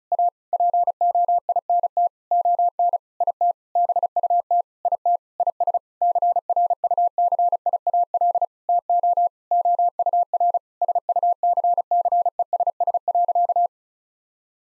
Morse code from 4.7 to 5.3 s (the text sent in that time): IT